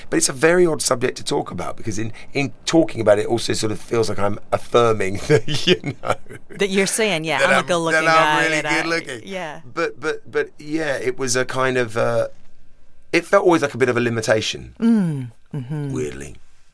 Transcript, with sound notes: but it's a very odd subject to talk about because in talking about it also sort of feels like I'm affirming the, you know (laughter)...
That you're saying, yeah, I'm a good-looking guy.
...That I'm really good-looking.
Yeah.
But, yeah, it was a kind of - it felt always like a bit of a limitation, weirdly.